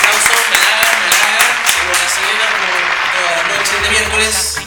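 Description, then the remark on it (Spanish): An audience claps steadily for several seconds, a dense, loud wash of hand claps with a few sharper individual claps near the start, fading slightly at the end. “Un aplauso para”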